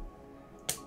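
A plastic push rivet fastening a Bluetooth module to a robot base plate, part of a Turtlebot3 Waffle Pi upgrade kit, is pressed down from the top and pushed up from the bottom. After a quiet stretch, a single sharp click sounds at 0.7 s. This second rivet snaps into place and the module is attached.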